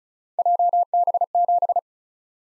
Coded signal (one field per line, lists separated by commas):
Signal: Morse code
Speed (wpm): 36 wpm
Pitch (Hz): 700 Hz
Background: none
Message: JB7